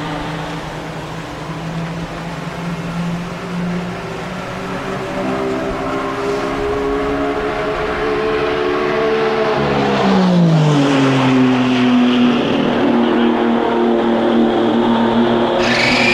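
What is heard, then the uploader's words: A race car engine drones steadily, its pitch rising slowly through the first ten seconds, then sweeping down sharply around the tenth second as the car passes and settling at a lower, louder tone. A brighter whine appears near the end. Pre-season testing for CART IndyCar Series teams at the one-mile Phoenix International Raceway oval where the glorious 2.65-liter turbocharged V8 engines rage. Cars from the Toyota Atlantic Championship and Indy Lights take turns lapping the daunting bullring.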